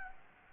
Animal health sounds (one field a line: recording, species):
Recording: mosquito wingbeat signal from an infrared sensor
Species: Anopheles gambiae